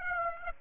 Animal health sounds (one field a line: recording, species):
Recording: mosquito wingbeat signal from an infrared sensor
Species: Aedes aegypti